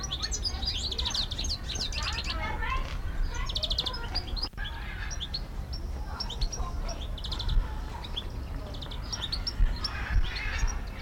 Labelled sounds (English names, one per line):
European Goldfinch